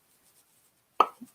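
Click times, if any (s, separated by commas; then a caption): 1.0 s. A small plastic insert lid is pulled out of the neck of a fragrance bottle so a flower can go in. After near silence, it releases with a sharp pop at 1.0 s, followed by a softer, lower thud around 1.2 s. The stopper comes free.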